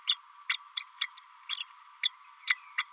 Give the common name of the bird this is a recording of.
Green-rumped Parrotlet